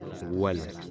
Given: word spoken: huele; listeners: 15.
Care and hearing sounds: one Spanish word in noise, from a listening test; eight-talker babble; 12.6 dB; 3 of 15; 7 of 15; 0.51 s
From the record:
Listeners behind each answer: 7, 3, 1, 1, 1, 1, 1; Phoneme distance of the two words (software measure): 7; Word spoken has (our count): 2 syllables, 4 phonemes, stress on syllable 1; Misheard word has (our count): 2 syllables, 5 phonemes, stress on syllable 1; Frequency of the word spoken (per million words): 8.73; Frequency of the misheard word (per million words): 0.64

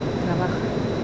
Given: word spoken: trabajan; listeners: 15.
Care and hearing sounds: one Spanish word in noise, from a listening test; speech-shaped noise; -5.0 dB; 0 of 15; 12 of 15; 0.64 s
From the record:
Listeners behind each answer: 12, 2, 1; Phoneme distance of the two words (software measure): 7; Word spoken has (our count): 3 syllables, 8 phonemes, stress on syllable 2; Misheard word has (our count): 3 syllables, 7 phonemes, stress on syllable 2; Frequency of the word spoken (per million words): 26.92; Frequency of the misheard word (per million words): 38.79

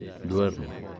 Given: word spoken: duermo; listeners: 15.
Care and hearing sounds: one Spanish word in noise, from a listening test; eight-talker babble; 12.6 dB; 3 of 15; 6 of 15; 0.60 s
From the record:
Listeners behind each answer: 6, 5, 3, 1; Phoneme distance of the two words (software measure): 27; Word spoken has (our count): 2 syllables, 6 phonemes, stress on syllable 1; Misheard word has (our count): 2 syllables, 5 phonemes, stress on syllable 1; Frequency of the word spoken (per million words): 2.67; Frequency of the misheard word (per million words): 462.26

